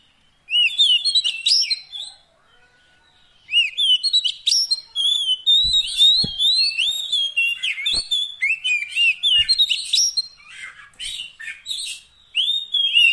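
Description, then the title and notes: Oriental magpie-robin delivering dense, rapid whistled song with varied chirps and trills, pausing once and then singing almost without break. Long-duration fill-in (isian) song meant to make a magpie-robin sing actively day and night. "Kacer Jadi Gacor Siang Malam. Isian Kacer Durasi Panjang"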